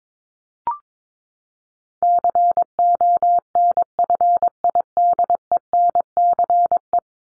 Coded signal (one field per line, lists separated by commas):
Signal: Morse code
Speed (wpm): 22 wpm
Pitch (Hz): 700 Hz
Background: none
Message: CONFIDENCE